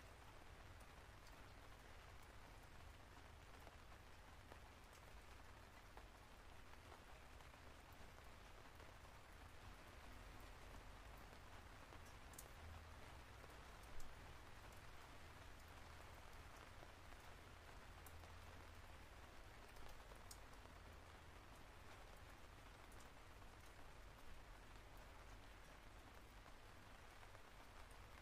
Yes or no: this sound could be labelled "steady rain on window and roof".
yes